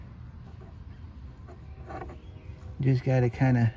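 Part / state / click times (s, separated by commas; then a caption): hydraulic filter into tractor transmission filter mount / not seated / none. A hydraulic filter is lined up and positioned into the transmission filter mounting hole of a John Deere 400 hydrostatic tractor, before it is pushed home to lock. A low, steady background rumble runs throughout, with faint handling sounds, and someone talks loudly from about 2.8 s to the end. Nothing has seated or clicked yet.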